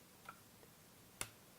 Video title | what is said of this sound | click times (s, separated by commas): Speed Up Mac: SSD Hard Drive, Keep it Cool and More Tips to Speed Up Mac | that snapped in perfect now I got | 1.2 s